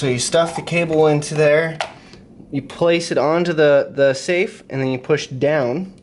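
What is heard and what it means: An electronic keypad housing is handled at a safe door: the cable is tucked in, and the housing is placed onto the door's shoulder bolts and pushed down, while someone talks throughout. Nothing has seated or clicked yet by the end of the clip.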